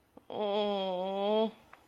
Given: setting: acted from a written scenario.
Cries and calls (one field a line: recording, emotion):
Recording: vocal sound without words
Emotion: pain